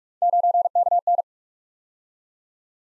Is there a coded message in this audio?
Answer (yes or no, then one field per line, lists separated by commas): yes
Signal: Morse code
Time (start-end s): 0.2-1.2 s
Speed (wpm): 44 wpm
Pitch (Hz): 700 Hz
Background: none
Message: 9KN